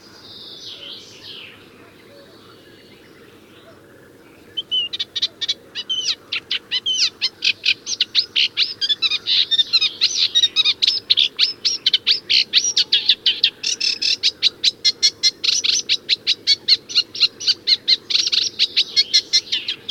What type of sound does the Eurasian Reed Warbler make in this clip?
song